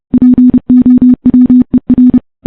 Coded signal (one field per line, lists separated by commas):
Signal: Morse code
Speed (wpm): 30 wpm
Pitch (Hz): 250 Hz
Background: none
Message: POWER